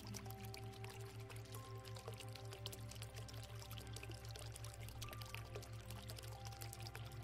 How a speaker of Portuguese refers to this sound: você passa por uma fonte de água muito bonita e relaxante, onde você pode ver alguns peixinhos.